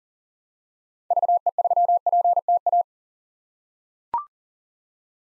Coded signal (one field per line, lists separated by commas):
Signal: Morse code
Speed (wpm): 40 wpm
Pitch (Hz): 700 Hz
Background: none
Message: VE3PTA